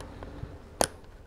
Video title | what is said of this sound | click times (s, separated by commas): Scorpion EXO R420 Helmet - Gold Mirror Visor | this pops right in there. | 0.8 s